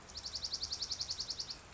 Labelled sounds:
Dark-eyed Junco (Junco hyemalis)
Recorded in Sonoma County, California

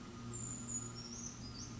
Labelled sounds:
Western Flycatcher (Empidonax difficilis)
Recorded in Sonoma County, California

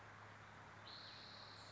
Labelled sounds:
Spotted Towhee (Pipilo maculatus)
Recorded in Sonoma County, California

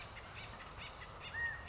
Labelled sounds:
California Quail (Callipepla californica)
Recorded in Sonoma County, California

